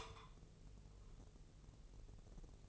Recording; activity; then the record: daily activity, microphone in the room; take from stove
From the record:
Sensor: 4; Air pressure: 996.1 hPa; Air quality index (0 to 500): 71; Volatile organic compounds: 2 ppm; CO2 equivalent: 1302 ppm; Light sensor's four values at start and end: 18/50/19/20 and 18/49/19/20